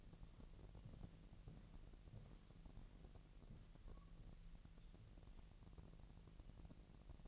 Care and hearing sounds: daily activity, microphone in the room; walk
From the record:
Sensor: 4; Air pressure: 1002.9 hPa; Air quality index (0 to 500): 248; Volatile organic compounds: 27 ppm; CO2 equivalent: 2883 ppm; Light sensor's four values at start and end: 8/17/7/7 and 8/17/7/7

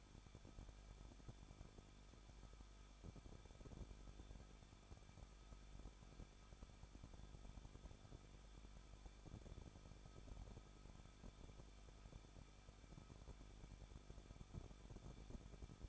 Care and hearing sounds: daily activity, microphone in the room; no activity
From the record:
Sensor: 5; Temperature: 20.9 degrees Celsius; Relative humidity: 38.2%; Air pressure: 1006.4 hPa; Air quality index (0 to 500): 187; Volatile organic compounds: 18 ppm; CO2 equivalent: 2628 ppm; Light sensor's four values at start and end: 2/3/1/1 and 2/3/1/1

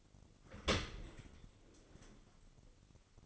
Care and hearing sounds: daily activity, microphone in the room; open dishwasher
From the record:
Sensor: 4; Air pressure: 1003.9 hPa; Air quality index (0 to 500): 152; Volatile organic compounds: 2 ppm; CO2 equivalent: 1086 ppm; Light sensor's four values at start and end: 21/51/21/22 and 22/54/22/24

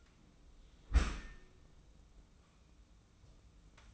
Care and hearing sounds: daily activity, microphone in the room; close dishwasher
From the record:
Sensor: 1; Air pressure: 994.5 hPa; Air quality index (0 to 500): 217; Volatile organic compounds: 1000 ppm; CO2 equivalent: 7800 ppm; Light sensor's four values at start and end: 142/326/146/162 and 151/348/156/173

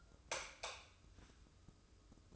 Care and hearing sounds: daily activity, microphone in the room; light off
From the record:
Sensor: 2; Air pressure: 995.2 hPa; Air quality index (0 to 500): 71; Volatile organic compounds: 2 ppm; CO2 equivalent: 1244 ppm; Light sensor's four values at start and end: 13/36/14/14 and 8/19/8/8

